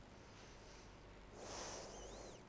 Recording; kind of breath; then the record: one breath in and out by a microphone near the nose and mouth; deep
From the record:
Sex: female